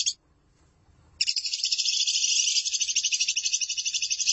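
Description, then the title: Lovebird song: a brief burst of chatter, a pause, then a sustained fast, harsh, buzzy chatter running to the end. "BM Suara Burung Lovebird"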